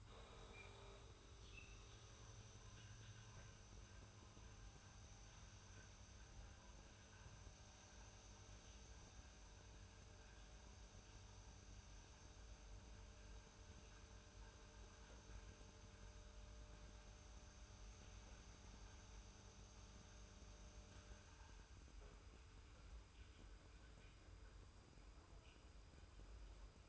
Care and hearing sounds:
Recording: daily activity, microphone in the room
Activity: make coffee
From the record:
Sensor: 2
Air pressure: 990.7 hPa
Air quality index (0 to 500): 160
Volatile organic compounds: 677 ppm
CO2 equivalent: 5020 ppm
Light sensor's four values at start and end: 24/57/23/23 and 23/56/22/22

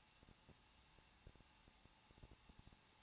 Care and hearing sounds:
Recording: daily activity, microphone in the room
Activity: no activity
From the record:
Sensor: 1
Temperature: 20.1 degrees Celsius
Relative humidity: 39.1%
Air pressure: 1006.4 hPa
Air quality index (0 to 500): 216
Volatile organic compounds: 74 ppm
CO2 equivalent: 3555 ppm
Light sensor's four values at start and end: 1/2/1/1 and 1/2/1/1

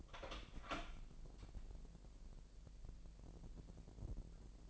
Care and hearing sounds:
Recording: daily activity, microphone in the room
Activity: open door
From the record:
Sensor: 5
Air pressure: 1001.6 hPa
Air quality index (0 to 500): 250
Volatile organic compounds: 34 ppm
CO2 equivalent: 3046 ppm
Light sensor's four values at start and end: 40/93/38/37 and 40/93/37/37

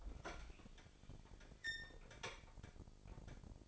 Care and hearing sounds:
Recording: daily activity, microphone in the room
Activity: open fridge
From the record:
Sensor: 5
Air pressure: 995.3 hPa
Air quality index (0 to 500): 88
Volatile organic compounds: 4 ppm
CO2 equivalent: 1648 ppm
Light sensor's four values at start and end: 35/85/34/35 and 39/92/37/38

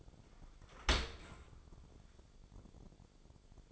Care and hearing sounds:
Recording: daily activity, microphone in the room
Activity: open dishwasher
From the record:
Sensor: 5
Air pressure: 1006.8 hPa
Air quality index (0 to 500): 183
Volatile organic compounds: 5 ppm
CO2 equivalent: 1747 ppm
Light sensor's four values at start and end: 52/144/57/57 and 52/145/57/57

